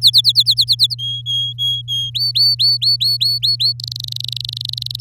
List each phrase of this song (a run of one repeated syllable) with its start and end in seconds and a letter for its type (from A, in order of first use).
0.01-0.95 A, 0.98-2.10 B, 2.14-3.73 C, 3.79-5.01 D